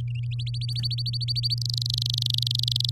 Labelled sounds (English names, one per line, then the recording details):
Domestic Canary song
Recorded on 8 May 2018 at 10:29
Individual llb16